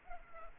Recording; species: mosquito wingbeat signal from an infrared sensor; Culex pipiens